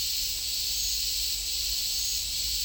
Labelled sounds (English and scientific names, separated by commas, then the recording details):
none
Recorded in dense forest near Puerto Asís, Putumayo, Colombia, on 20 December 2024 at 10:00
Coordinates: 0.485, -76.318
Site GP03